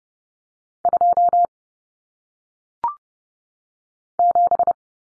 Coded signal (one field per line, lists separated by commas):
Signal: Morse code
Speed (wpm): 30 wpm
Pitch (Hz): 700 Hz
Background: none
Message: 27